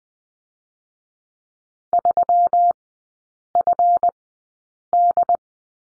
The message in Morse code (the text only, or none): 3FD